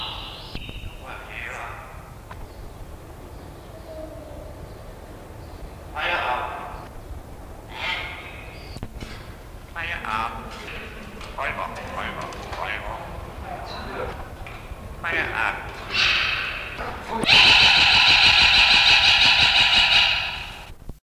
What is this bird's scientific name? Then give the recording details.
Gracula religiosa. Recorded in captivity. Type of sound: call, imitation. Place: Zoo Karlsruhe, Baden-Württemberg, DE. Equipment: Halbspur, 9,5 cm/s. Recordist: Lütgens, Hans. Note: Rufe, Imitationen